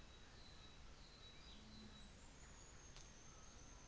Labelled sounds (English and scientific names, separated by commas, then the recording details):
New Zealand Fantail (Rhipidura fuliginosa)
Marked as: faintness 3/5
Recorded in New Zealand on 24 December 2018
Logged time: 15:45